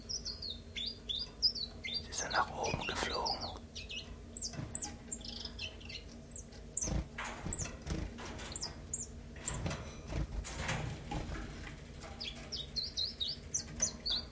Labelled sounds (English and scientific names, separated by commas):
Common Chiffchaff (Phylloscopus collybita)